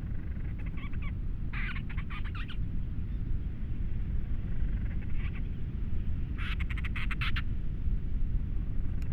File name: Grants Storm Petrel